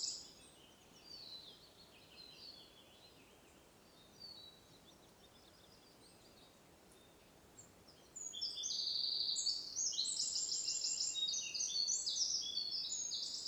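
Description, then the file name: Eurasian wren song, faint high notes at first, then a loud rapid burst of high trills and chattering notes from about eight seconds to the end, over a steady background hiss. "Troglodytes troglodytes"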